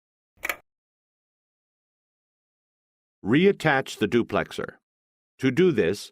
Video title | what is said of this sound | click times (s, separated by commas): Fixing a Paper Jam HP Officejet 6700 Premium e All in One Printer H711n HP | close the duplexer until the tabs on both sides of the duplexer snap into place | 0.4 s, 0.5 s